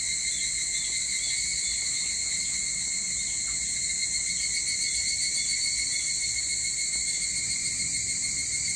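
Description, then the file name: Continuous evening cicada chorus, bright high ringing layered in bands, faintly throbbing, with quiet low background noise. Recorded 22 July 2023 at 04:40. "higurashi 230722 0440"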